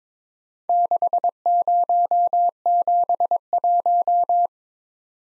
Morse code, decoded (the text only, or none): 6071